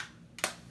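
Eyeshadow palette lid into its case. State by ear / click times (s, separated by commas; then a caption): seated / 0.4 s. A hard plastic eyeshadow palette lid, from an Urban Decay Naked 3 palette, is snapped shut into its case. Two sharp clicks are heard at 0.4 s and 0.4 s, the second louder, and the lid seats closed with a satisfying hard snap.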